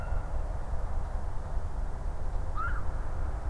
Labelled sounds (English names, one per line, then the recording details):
Black-crowned Night-Heron
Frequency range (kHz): Black-crowned Night-Heron 1.0-3.2 kHz
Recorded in France